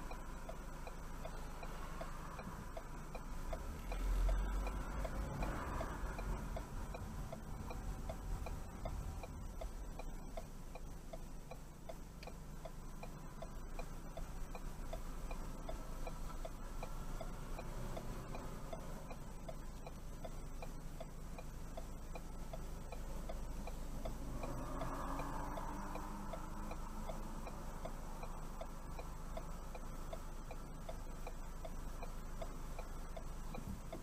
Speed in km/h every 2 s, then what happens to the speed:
0, 0, 11, 15, 6, 0, 2, 3, 3, 2, 0, 0, 0, 0, 0, 0, 0.
0-3 standing. 3-5 pulls away to 15. 5-9 slows to 0. 9-13 standing. 13-18 steady at about 3. 18-34 standing.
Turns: none.